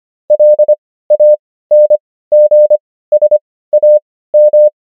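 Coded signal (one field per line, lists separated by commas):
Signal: Morse code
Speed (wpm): 25 wpm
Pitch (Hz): 600 Hz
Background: none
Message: LANGSAM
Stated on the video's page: Morse practice of the 500 most common German words, Farnsworth spacing: 25 wpm characters, 16 wpm overall.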